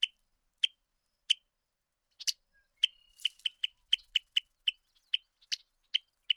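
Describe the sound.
Bird calls: short, sharp high chips, spaced at first, then quickening into an irregular run of ticking notes.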